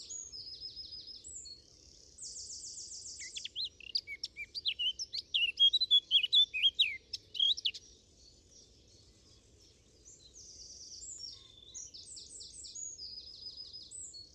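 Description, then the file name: Eurasian blackcap warbling song, a burst of rapid varied whistles lasting about five seconds, framed by repeated high, buzzy trills before and after. "Sylvia atricapilla"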